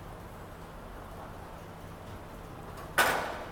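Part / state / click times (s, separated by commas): gate latch engaging on the aluminum sliding/swing driveway gate / seated / 3.0 s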